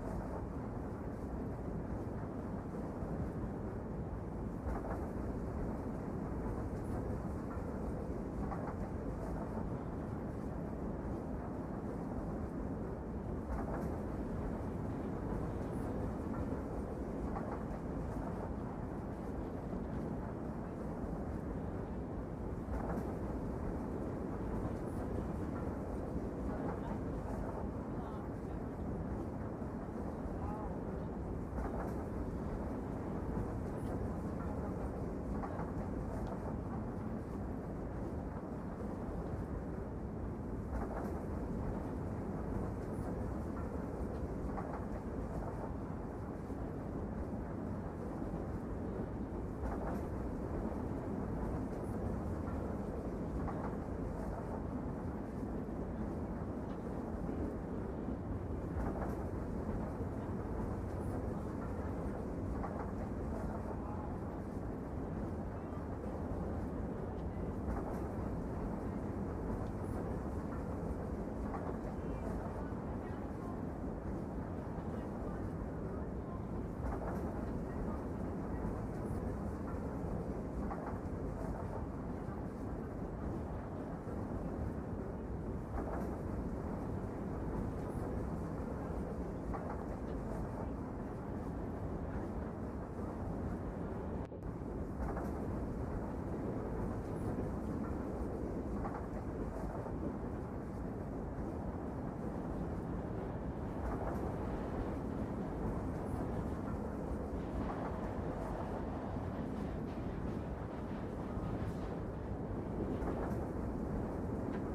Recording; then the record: background sound without coughing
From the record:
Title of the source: Train Ride Ambience ambient white noise for sleeping, focus, studying, reading